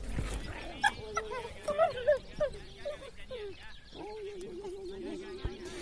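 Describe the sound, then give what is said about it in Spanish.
Wolves growl and vocalize in a series of short, bending whine-like calls, followed by a longer wavering mid-pitched tone that carries steadily to the end. “Yo intentaba rescatar esta noche algunos de esos sonidos, los sonidos de los gruñidos, de cómo sentían y estaban alrededor nuestra.”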